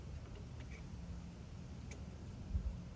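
The rear quarter window regulator motor's electrical connector on a 2006-2010 BMW 6 Series E64 convertible (M6, 645ci, 650i) is handled at the car's wiring harness plug during window reinstallation. A steady low rumble runs throughout, with faint light ticks, a brief sharp tick near 1.9 s and a couple of soft low thumps near 2.6 s. The connector has not clicked or seated yet.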